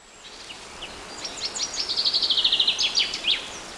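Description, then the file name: Common chaffinch song, a single phrase that starts with scattered high notes, rolls into a fast descending trill and closes with a brisk terminal flourish, with faint background noise. "Fringilla coelebs"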